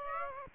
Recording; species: mosquito wingbeat signal from an infrared sensor; Aedes aegypti